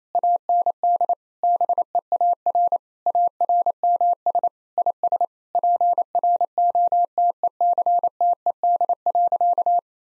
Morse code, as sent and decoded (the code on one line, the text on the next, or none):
.- -. -.. / -... . .- .-. / .- .-. -- ... / .. ... / .--. .-. --- - . -.-. - . -.. .-.-.-
AND BEAR ARMS IS PROTECTED.